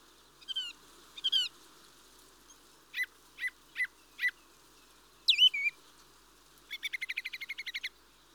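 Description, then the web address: Mistle thrush singing brief fluty phrases, a set of four evenly spaced notes, a rich warbled phrase, then a rapid trill of repeated notes. "The BBC Sound Effects Library. Mistle Thrush (Turdus Viscivorus)"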